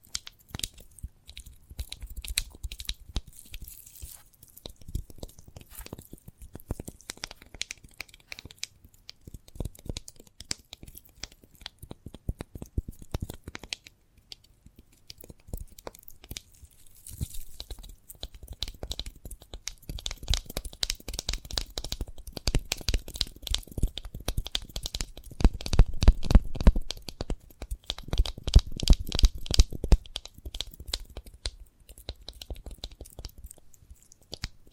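Someone handles and eats a sprouted coconut, with dense, irregular crunching, biting and tearing sounds packed throughout. Bursts cluster and thicken around the middle and again near 25 to 30 seconds, where the crunches grow loudest, with brief quieter gaps between.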